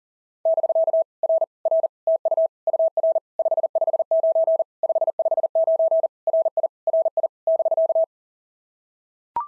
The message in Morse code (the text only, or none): <BK> R R TU UR 559 559 RI RI <BK>